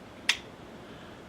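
The handle of a Petzl ID self-braking rope descender, auto-locked from being pulled too hard, is brought forward until it gives a single sharp click at 0.3 s over quiet background. The click resets the anti-panic lock and releases the descender so the cam can be opened again.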